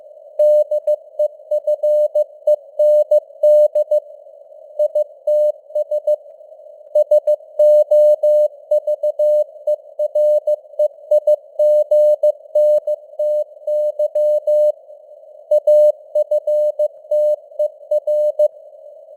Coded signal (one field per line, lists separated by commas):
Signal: Morse code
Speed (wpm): 15 wpm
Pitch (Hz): 600 Hz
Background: none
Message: DEFEND ITS SOVEREIGNTY AFTER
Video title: Morse Code News | 2026-01-02 | 15wpm